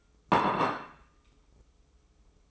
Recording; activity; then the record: daily activity, microphone in the room; place plate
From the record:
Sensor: 1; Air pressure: 995.3 hPa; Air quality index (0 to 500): 29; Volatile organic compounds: 1 ppm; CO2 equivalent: 548 ppm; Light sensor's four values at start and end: 13/47/17/17 and 13/47/17/17